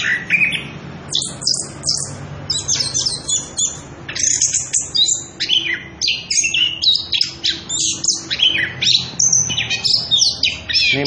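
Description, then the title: Orange-headed thrush song, a rapid continuous run of varied high whistles, chirps and trills, with a faint low hum underneath. Recording used as a lure and master song for training young birds; continuous rolling song ('ngerol'), very loud. "Anis Kembang Gacor. pancingan anis kembang ngerol edan volume dasyattt cocok buat masteran trotolan"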